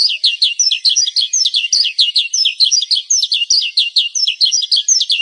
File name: suara burung branjangan